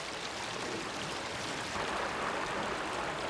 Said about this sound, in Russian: Вода течет по камням.